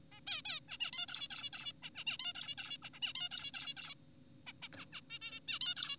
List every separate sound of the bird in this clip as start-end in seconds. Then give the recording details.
0.12-0.20, 0.27-0.42, 0.46-0.59, 0.69-0.78, 0.80-0.91, 0.93-1.06, 1.09-1.28, 1.31-1.50, 1.53-1.72, 1.83-1.90, 1.96-2.04, 2.07-2.17, 2.19-2.33, 2.35-2.55, 2.58-2.77, 2.83-2.90, 2.94-3.00, 3.02-3.13, 3.15-3.29, 3.31-3.51, 3.54-3.74, 3.77-3.94, 4.47-4.53, 4.62-4.68, 4.77-4.86, 4.93-5.01, 5.10-5.19, 5.22-5.40, 5.48-5.59, 5.61-5.75, 5.77-5.96. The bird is an adult. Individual g4p5U